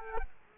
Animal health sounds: mosquito wingbeat signal from an infrared sensor; Culex quinquefasciatus

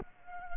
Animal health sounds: mosquito wingbeat signal from an infrared sensor; Culex pipiens

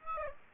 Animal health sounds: mosquito wingbeat signal from an infrared sensor; Aedes aegypti

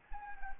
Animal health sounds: mosquito wingbeat signal from an infrared sensor; Anopheles arabiensis

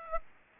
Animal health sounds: mosquito wingbeat signal from an infrared sensor; Aedes aegypti

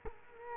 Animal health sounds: mosquito wingbeat signal from an infrared sensor; Culex quinquefasciatus

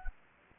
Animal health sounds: mosquito wingbeat signal from an infrared sensor; Anopheles gambiae

